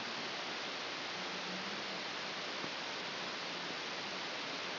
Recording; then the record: brain microelectrode recording played as sound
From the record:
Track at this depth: inside the subthalamic nucleus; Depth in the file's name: 3.129 mm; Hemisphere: left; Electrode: 2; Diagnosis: Parkinson's disease